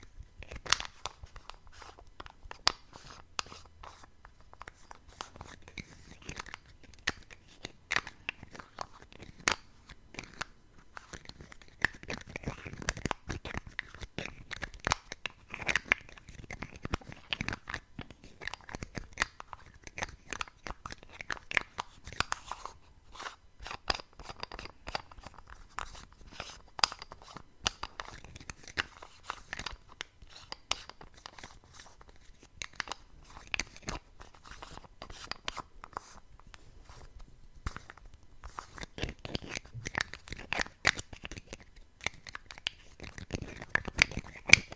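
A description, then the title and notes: Lid sounds: a dense run of sharp clicks, taps and scraping crackles that continues for the whole clip with few pauses. The clatter comes in irregular bursts, some louder snaps standing out, over a faint low rumble that occasionally surfaces. ASMR Lid Sounds.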